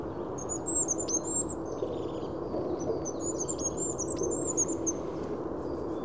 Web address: birdify Regulus regulus